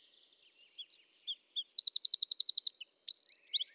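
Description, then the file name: Eurasian wren song starts softly with scattered high chips, then bursts into a rapid metallic trill, followed by squeaky notes and a short rattle. "Troglodytes troglodytes"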